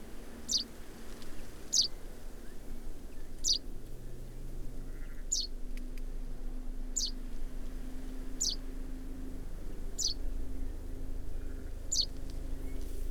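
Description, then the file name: Common chaffinch calls: sharp, high, downward-slurred notes repeated about every one and a half seconds, eight in all, over a steady low rumble. "Fringilla coelebs"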